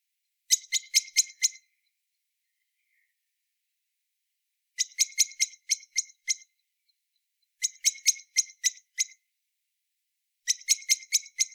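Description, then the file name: Common blackbird giving bursts of several sharp, rapid clicking notes, repeated every few seconds against silence. "Turdus merula"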